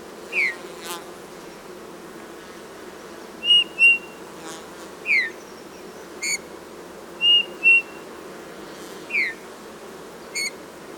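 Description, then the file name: Eurasian bullfinch calls: soft, short whistled notes, some sliding downward, others paired flat pipes, spaced every few seconds over steady background noise. "Pyrrhula pyrrhula"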